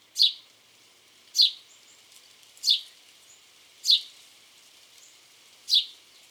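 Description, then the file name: House sparrow repeating five loud, short chirps at slightly irregular intervals of about one to two seconds, with a soft background hiss throughout. "Passer domesticus"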